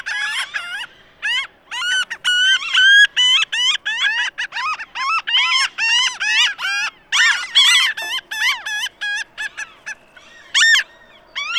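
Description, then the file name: Franklin's gull: a dense series of nasal, arched calls with only brief gaps for most of the stretch, thinning out near the end. "Franklins Gull - Leucophaeus pipixcan"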